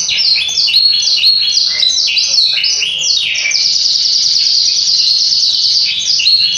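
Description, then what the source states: Yorkshire canary song, an unbroken flow of quick varied whistles and rolling trills, high-pitched and steady throughout. Song described as super long.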